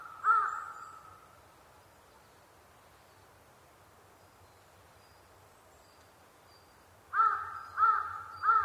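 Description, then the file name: Large-billed crow giving hoarse, harmonic caws: one caw at the start, then a run of three evenly spaced caws near the end. Recorded 23 October 2010 at 05:42. "hasibutogarasu-20101023-0542"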